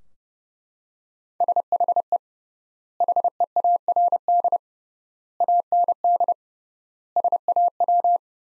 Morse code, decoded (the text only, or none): SHE HEARD AND SAW